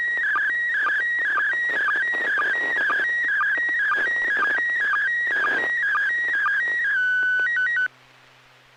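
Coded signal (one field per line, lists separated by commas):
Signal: SSTV (slow-scan television)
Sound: warbling tone jumping between pitches with short low blips, then steady beeping tones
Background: FM repeater hiss tail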